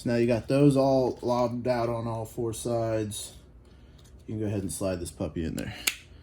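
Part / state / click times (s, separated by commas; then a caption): plastic wiring connector into mating connector housing for truck door lock / not seated / none. Someone talks while handling a plastic wiring connector for a 2008–2016 truck door lock, whose latch holes have been widened with a drill on all four sides so it can be slid into its mating connector housing. The speech is followed by a brief quiet stretch, then more talking. Nothing has seated or clicked yet.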